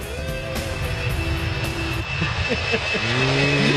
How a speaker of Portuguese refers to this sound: Eita! Olha aí, tá passando mais uma vez o avião do Estádio 97. Que show de bola!